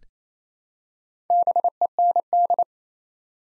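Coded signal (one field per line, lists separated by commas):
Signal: Morse code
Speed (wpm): 27 wpm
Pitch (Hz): 700 Hz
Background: none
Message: BEND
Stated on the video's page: Practice set building 4-letter words one letter at a time, sent at 28 wpm.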